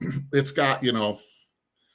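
Someone speaks from 0.0 to about 1.2 s, fading into faint room tone by 1.5 s and near silence after. No sharp snap or click occurs anywhere, so nothing has seated yet.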